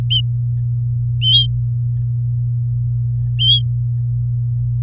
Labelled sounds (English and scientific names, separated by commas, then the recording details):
Domestic Canary (Serinus canaria) song
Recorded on 4 May 2018 at 09:24
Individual llb16